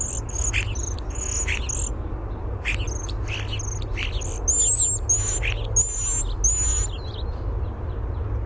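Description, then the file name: European starling warbled song: a fast run of short, high squeaky whistles and clicks, some wavering, repeated in bursts over a steady low background rumble. Male giving warbled song with mimicry. "EUST warbledsong"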